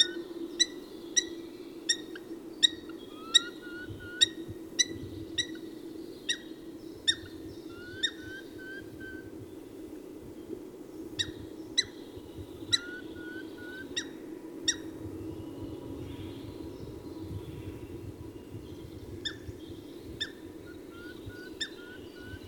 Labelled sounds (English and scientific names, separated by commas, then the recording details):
Eurasian Hobby (Falco subbuteo) call
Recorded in the wild
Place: Kuchelmiß, Mecklenburg-Vorpommern, DE
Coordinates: 53.667, 12.347
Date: 1980-04-29 16:25
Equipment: Nagra III BH, Sennheiser MD 21, parabola
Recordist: Schubert, Michael
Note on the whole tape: Rufe eines Baumfalken-Paares